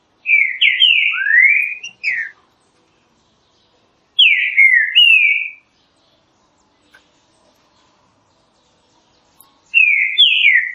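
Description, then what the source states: Green-winged saltator song: strong slurred whistled phrases of falling and rising notes, repeated several seconds apart with quiet gaps. Classic song style used for training.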